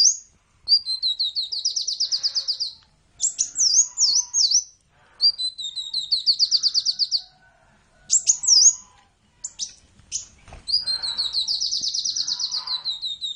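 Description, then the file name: Sunbird singing: high, rapid trills of sharp repeated notes in phrases of about two seconds, broken by quick down-slurred squeaky whistles. "suara burung kolibri convert by om kicau"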